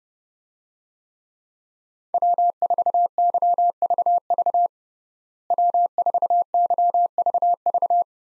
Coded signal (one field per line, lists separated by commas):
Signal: Morse code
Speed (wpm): 30 wpm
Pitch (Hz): 700 Hz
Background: none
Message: W4YVV W4YVV